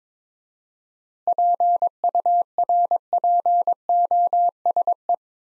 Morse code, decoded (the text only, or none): PURPOSE